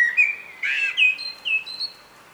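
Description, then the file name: Common blackbird giving a short, fluty warbled phrase that ends in a couple of thin, high, sustained squeaks. "Turdus merula"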